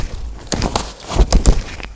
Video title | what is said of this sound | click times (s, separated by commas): Подробный обзор Baby Design Click | Все-таки щелкание небольшое есть. | 0.5 s, 0.8 s, 1.3 s, 1.5 s